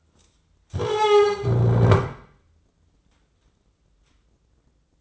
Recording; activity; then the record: daily activity, microphone in the room; stand up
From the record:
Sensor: 3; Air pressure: 995.9 hPa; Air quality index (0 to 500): 247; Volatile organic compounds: 1000 ppm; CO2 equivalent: 6316 ppm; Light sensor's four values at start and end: 40/96/42/45 and 39/95/41/45